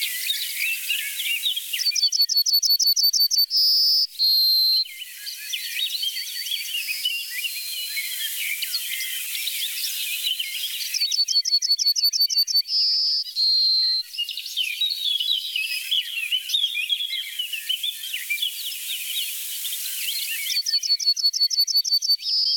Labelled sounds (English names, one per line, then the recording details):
Yellowhammer song
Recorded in the wild
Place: Oberrotweil am Kaiserstuhl, Baden-Württemberg, DE
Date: 1988-06-18
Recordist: Schwarz, Dieter
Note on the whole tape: Song